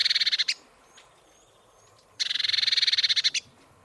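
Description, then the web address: Eurasian blue tit rattling churr: a short burst of rapid pulses, thin faint high notes in the gap, then a longer dry churr of about a second. "cianscape birddata Deverinetal 2025 File origin Bird Only Cy Ca"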